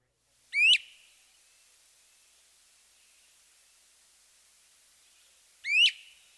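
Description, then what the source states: Great Crested Flycatcher giving two sharp, quickly rising whistled weep notes about five seconds apart, with quiet gaps between them. Repeated ascending whistled weep.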